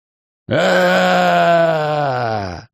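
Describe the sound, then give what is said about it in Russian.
A shadow creature's scream, apparently as ghouls reach it: one long, drawn-out guttural wail lasting about two seconds, loud and steady in low pitch with a raspy, moaning tone, then cutting off. No one speaks. “Донесся крик тени.”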